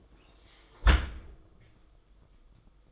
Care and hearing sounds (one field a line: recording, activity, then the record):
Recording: daily activity, microphone in the room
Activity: close dishwasher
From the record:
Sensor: 5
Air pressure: 990.6 hPa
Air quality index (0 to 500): 161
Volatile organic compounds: 263 ppm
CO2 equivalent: 4393 ppm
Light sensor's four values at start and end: 36/112/43/46 and 36/111/43/45